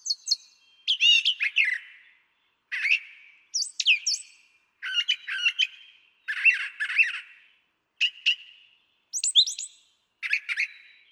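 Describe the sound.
Brown Thrasher song: varied phrases of rich whistles, buzzes and chirps, many given twice, with short pauses between, in a quiet background.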